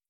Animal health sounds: hydrophone in a shrimp aquaculture tank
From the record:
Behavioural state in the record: feeding

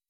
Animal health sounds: hydrophone in a shrimp aquaculture tank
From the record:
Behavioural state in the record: weakened

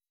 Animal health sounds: hydrophone in a shrimp aquaculture tank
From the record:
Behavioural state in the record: weakened

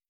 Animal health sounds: hydrophone in a shrimp aquaculture tank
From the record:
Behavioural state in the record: starved

